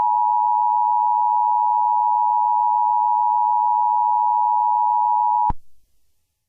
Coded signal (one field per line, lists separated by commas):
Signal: Emergency Alert System (SAME) tones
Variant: 853 and 960 Hz attention tone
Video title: EAS Scenario #33: Midas Gold Touch